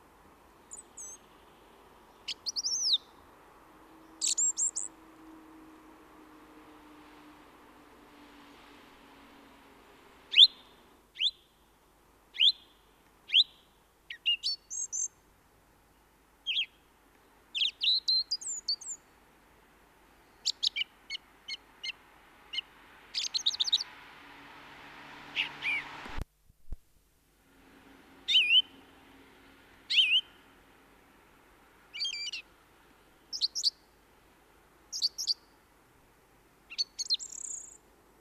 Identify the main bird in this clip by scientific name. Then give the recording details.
Turdus philomelos. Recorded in the wild. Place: Michelstadt, OT Vielbrunn, Hessen, DE. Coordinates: 49.7139, 9.09778. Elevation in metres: 432. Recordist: Tretzel, Erwin. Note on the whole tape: Vielbrunn, Michelstadt: Gesang mit Imitation von Rotschenkel, Kohlmeise, Goldammer und Kleiber